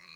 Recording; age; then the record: pig call; piglet (1 to 25 days)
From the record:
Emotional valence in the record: positive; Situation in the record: reunion after long isolation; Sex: male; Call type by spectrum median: high-frequency call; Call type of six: low-frequency tonal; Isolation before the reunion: 8 minutes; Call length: 0.17 s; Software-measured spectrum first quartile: 2032 Hz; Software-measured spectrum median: 3015 Hz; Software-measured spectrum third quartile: 4267 Hz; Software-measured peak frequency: 2481 Hz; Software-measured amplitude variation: 122 dB a second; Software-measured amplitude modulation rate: 18.1 a second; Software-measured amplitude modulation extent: 6.7 dB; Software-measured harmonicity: 2.3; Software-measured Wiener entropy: -1.61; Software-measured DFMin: 728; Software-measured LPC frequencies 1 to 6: 1161, 2074, 2481, 4243, 5457, 6301 Hz